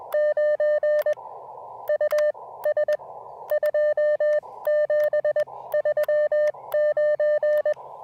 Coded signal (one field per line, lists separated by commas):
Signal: Morse code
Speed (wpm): 21 wpm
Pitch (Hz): 1800 Hz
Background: none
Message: 9 U S 2 7 3 9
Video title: When Plans Change: A Relaxing "Plan B" QRP POTA Activation at Lake James State Park!